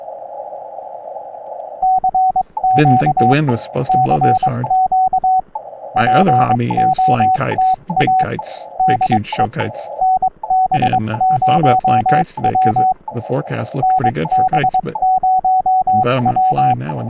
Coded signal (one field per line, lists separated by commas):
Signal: Morse code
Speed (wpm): 22 wpm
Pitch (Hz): 750 Hz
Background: speech, radio noise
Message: CQ CQ POTA DE NB0W NB0W